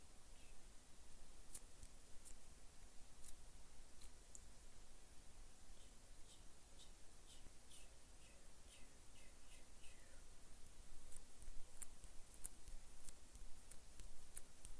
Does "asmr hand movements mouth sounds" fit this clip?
yes